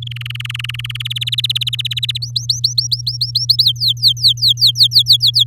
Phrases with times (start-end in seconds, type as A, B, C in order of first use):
0.02-1.02 A, 1.05-2.18 B, 2.22-3.64 C, 3.64-5.44 D